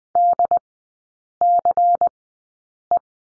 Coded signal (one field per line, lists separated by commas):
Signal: Morse code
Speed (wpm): 20 wpm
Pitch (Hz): 700 Hz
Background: none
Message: DCE